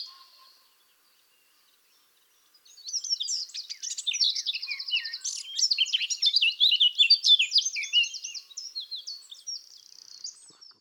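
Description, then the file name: Eurasian blackcap song: after a brief note and a pause, a long, rapid warble of varied chirps, trills and fluty notes, then trailing off into softer notes. "Sylvia atricapilla"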